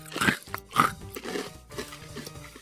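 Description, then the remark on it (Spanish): A crunchy snack with a sweet, salty and spicy flavour is chewed: two loud, sharp crunches in the first second, followed by a run of softer, irregular crackling chews with no talking. “Que se escuche bien. Está masticado. Bien ASMR.”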